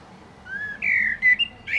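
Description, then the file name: Common blackbird's short clear fluting whistles, a few smooth gliding notes in quick succession. "Turdus merula"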